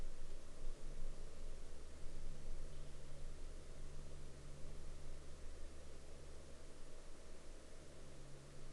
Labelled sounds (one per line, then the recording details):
aircraft
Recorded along the Dempster Highway, Canada, on 13 October 2019 at 13:21
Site 13